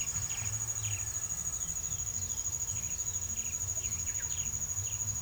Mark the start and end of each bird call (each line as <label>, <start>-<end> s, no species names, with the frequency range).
bird call (1.9-3.4 kHz), 0.00-1.07 s
bird call (1.6-4.6 kHz), 1.50-5.21 s